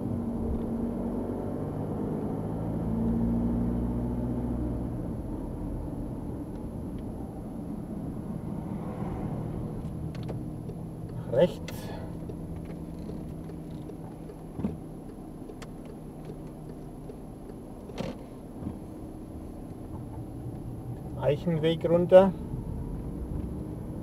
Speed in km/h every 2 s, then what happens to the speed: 28, 34, 35, 29, 21, 11, 8, 4, 5, 9, 15, 16.
0-4 speeds up to 35. 4-14 slows to 4. 17-24 speeds up to 16.